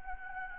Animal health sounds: mosquito wingbeat signal from an infrared sensor; Anopheles gambiae

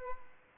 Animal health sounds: mosquito wingbeat signal from an infrared sensor; Aedes albopictus

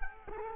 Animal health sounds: mosquito wingbeat signal from an infrared sensor; Culex quinquefasciatus

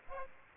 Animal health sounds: mosquito wingbeat signal from an infrared sensor; Aedes aegypti

